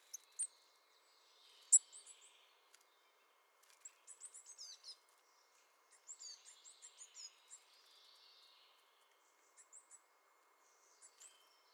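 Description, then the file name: Long-tailed tit calls: scattered high, thin twittering notes and brief rattling phrases, with sharp isolated chips between quieter gaps. "Mésange-à-longue-queue"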